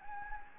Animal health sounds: mosquito wingbeat signal from an infrared sensor; Anopheles gambiae

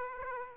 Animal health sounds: mosquito wingbeat signal from an infrared sensor; Aedes aegypti

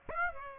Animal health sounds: mosquito wingbeat signal from an infrared sensor; Aedes aegypti

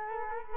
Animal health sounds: mosquito wingbeat signal from an infrared sensor; Culex quinquefasciatus

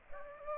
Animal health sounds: mosquito wingbeat signal from an infrared sensor; Aedes aegypti

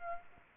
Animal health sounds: mosquito wingbeat signal from an infrared sensor; Aedes aegypti

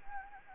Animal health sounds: mosquito wingbeat signal from an infrared sensor; Anopheles gambiae

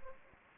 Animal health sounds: mosquito wingbeat signal from an infrared sensor; Anopheles arabiensis

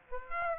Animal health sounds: mosquito wingbeat signal from an infrared sensor; Aedes aegypti

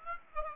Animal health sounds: mosquito wingbeat signal from an infrared sensor; Aedes aegypti

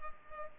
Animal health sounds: mosquito wingbeat signal from an infrared sensor; Culex pipiens

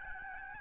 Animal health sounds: mosquito wingbeat signal from an infrared sensor; Aedes albopictus

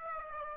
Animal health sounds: mosquito wingbeat signal from an infrared sensor; Aedes aegypti

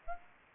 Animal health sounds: mosquito wingbeat signal from an infrared sensor; Aedes aegypti

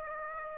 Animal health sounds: mosquito wingbeat signal from an infrared sensor; Aedes aegypti

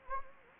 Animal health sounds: mosquito wingbeat signal from an infrared sensor; Anopheles gambiae

